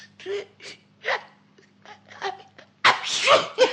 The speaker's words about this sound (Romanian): M-a lovit strănutul.